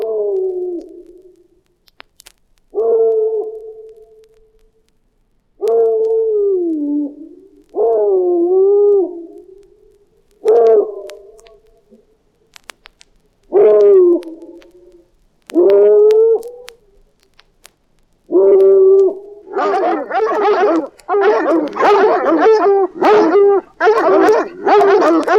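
Haunted-house effects: wavering howl-like moans every few seconds, bending in pitch, then a dense rush of overlapping cries at the end.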